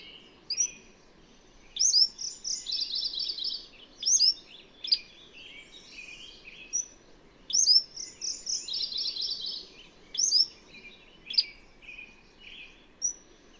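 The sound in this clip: Bird song: bright chirps, quick trills and slurred whistles, with two louder bursts of rapid notes about six seconds apart over constant background hiss.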